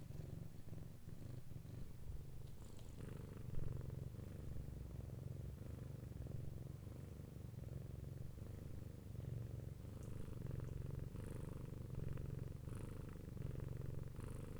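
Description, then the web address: Cat purring, a steady low rumbling vibration that pulses continuously throughout, with faint soft clicks and rustles at times. "Khaganat-games stock sound library animals cats lrocio cat-purring"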